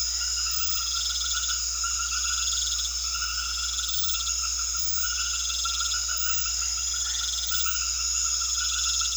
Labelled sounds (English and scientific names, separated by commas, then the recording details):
none
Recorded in secondary vegetation near Puerto Asís, Putumayo, Colombia, on 4 March 2025 at 20:30
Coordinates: 0.500, -76.326
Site GP04